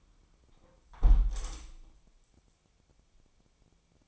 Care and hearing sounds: daily activity, microphone in the room; close window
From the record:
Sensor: 1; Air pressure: 1000.5 hPa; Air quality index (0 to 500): 182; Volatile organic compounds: 4 ppm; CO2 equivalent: 1679 ppm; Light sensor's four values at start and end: 10/24/10/11 and 10/24/10/11

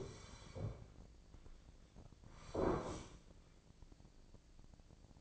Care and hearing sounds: daily activity, microphone in the room; sit down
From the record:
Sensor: 5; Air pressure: 1009.3 hPa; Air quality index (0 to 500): 158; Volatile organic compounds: 2 ppm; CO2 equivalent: 1216 ppm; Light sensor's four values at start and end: 266/642/270/294 and 264/637/268/291

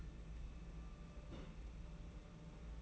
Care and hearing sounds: daily activity, microphone in the room; place on stove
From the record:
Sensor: 1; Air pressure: 992.0 hPa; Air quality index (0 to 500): 217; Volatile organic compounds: 1000 ppm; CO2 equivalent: 8459 ppm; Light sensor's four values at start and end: 21/74/29/29 and 21/74/29/29

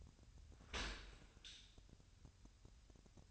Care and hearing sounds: daily activity, microphone in the room; open dishwasher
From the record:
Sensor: 2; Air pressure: 1006.5 hPa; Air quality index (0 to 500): 203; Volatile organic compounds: 14 ppm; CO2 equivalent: 2476 ppm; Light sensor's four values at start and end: 9/22/9/9 and 9/22/9/9

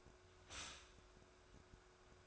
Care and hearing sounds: daily activity, microphone in the room; stop toaster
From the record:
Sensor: 2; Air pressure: 1014.6 hPa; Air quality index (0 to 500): 195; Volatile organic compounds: 20 ppm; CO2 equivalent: 2674 ppm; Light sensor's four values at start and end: 4/10/3/3 and 4/10/3/3

